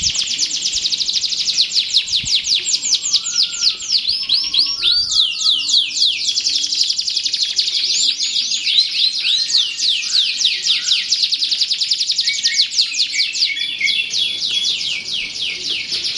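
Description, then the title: Canary song, continuous rapid high trills and fast repeated downslurred notes, varying in speed, sung without pause throughout. Belgian canary; warm-up song used to stimulate a canary to sing. "Canto Para Esquentar Canário Belga. SUARA BURUNG : Kenari"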